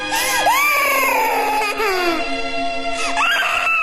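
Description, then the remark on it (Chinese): The little monster king, later named Huba, wails in grief, a high, continuous baby-like cry with rising and falling sobbing glides, loud and unbroken across the whole stretch, with no talking over it. “在小妖王悲痛的哭声中，天鹰和霍小兰渐行渐远。”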